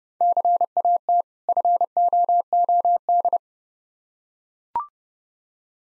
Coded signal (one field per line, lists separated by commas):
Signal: Morse code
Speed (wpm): 30 wpm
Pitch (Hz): 700 Hz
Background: none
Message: CAT FOOD